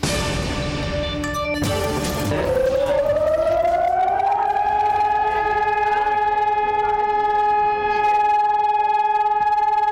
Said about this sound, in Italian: Oggi abbiamo deciso di aprire con questi suoni. Sono quelli delle sirene con le quali Israele ricorda la Shoah. Nello Stato ebraico questo è stato il giorno della memoria.